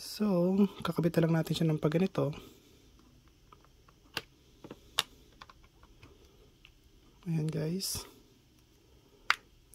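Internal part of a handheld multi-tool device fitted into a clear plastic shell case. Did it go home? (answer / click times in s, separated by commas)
yes / 9.3 s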